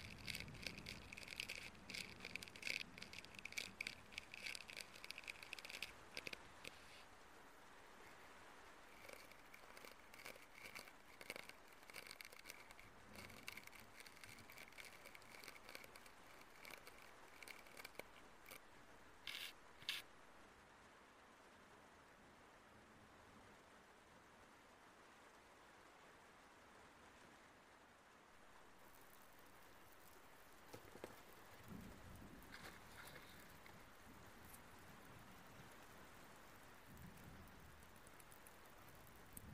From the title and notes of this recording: Spooky Ear Cleaning | Role-Play. Ear Cleaning Role-play that involves slime, foam, sound effects, and much more!